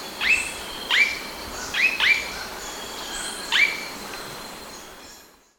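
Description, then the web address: Blue-rumped manakin calls: about five short, sharp notes, given singly or in quick pairs, over a steady background hiss. Recorded in Ecuador. "Birds of Ecuador. Blue-rumped Manakin"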